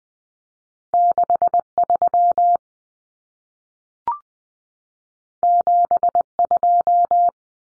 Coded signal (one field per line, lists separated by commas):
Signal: Morse code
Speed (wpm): 20 wpm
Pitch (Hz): 700 Hz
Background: none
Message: 63 72